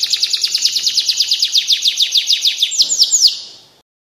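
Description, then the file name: Canary song: a fast trill of repeated chirping notes, ending in a few longer slurred whistles before fading out. Standard-type canary. "suara kicauan kenari standar. omkicau"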